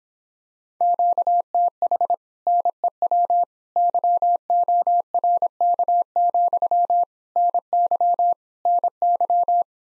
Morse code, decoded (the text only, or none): QTH NEW YORK, NY NY